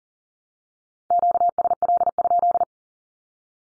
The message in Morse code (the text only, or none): QSL?